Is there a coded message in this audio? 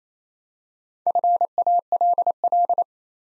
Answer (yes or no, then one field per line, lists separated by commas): yes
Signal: Morse code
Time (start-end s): 1.1-2.8 s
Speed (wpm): 28 wpm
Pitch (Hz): 700 Hz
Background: none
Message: FALL